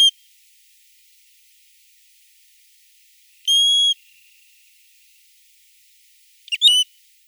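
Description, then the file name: American golden plover giving clear, high whistled calls: a steady half-second note, then a short slurred, broken call a few seconds later, against silence. "Rzhanka burokrylaja"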